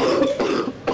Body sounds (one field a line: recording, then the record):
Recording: coughing mixed with background sound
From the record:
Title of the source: Coughing 77